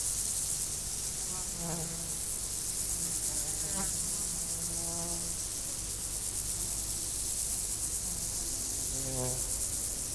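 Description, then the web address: Insect chorus: a high, steady, fast-pulsed trill throughout. Insects recorded in nature. "allathangok termeszetben rovarok 2014 varbocutan"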